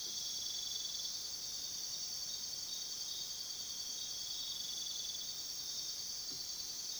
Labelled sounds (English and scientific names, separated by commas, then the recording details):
none
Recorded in pastures near Puerto Asís, Putumayo, Colombia, on 21 February 2024 at 03:00
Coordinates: 0.497, -76.327
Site G7276